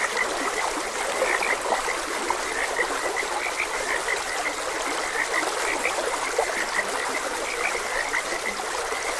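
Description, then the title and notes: Frogs croaking in a dense chorus, many overlapping short notes near one pitch, over a steady broad hiss of flowing water. Frogs croaking beside a gentle stream. "Gentle Stream and Frogs Croaking. Sleep and Relaxation Podcast"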